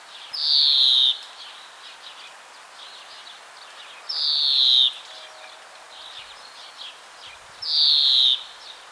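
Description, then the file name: European greenfinch giving long, nasal, wheezy drawn-out notes that slide slightly downward, three in all, roughly every four seconds, with faint twitters from other birds between. "Chloris chloris"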